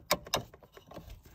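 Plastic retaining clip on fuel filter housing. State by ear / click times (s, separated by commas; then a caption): not seated / none. A small plastic retaining clip is handled on the fuel filter housing of a W176 A-Class Mercedes while the new fuel filter is refitted. Three sharp hits land at about 0.1 s, 0.3 s and 1.4 s, with quieter handling noise between them. Nothing has seated or clicked into place yet.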